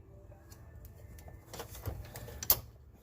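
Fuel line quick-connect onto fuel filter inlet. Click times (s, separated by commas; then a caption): 2.5 s. On a Chevrolet Cobalt SS, the top blue fuel line quick-connect is pushed onto the big inlet side of a new fuel filter, with soft rustling and small knocks as it is worked on. A sharp click at 2.5 s marks it latching on, showing it is seated correctly.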